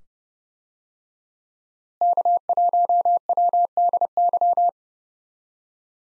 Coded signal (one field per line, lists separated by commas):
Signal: Morse code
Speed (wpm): 30 wpm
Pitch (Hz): 700 Hz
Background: none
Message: K1WDY